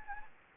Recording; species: mosquito wingbeat signal from an infrared sensor; Anopheles gambiae